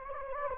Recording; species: mosquito wingbeat signal from an infrared sensor; Anopheles gambiae